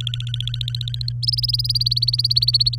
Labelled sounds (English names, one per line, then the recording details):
Domestic Canary song
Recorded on 23 April 2018 at 17:29
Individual llb3